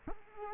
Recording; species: mosquito wingbeat signal from an infrared sensor; Culex quinquefasciatus